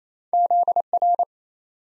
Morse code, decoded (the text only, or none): ZR